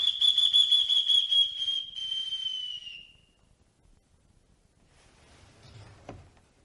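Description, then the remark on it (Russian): Someone outside on the street whistles one long, steady high note for about three seconds. It dips slightly in pitch as it fades, leaving quiet rustling and a faint knock. “Кто-то свистит на улице и только...”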